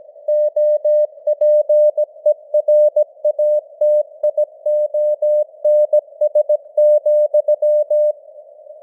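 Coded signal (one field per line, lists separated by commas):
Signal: Morse code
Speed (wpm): 17 wpm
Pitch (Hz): 600 Hz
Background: none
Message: OPERATIONS,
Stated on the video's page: News headlines sent in Morse at 17 wpm with simulated radio noise and varying signal strength (QSB).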